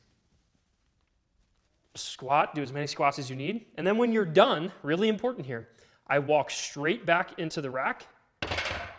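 Someone talks while a loaded steel barbell is walked straight back into a squat rack after front squats. At 8.4 s a sharp metallic thunk is heard as the barbell lands and seats in the rack's J-hooks.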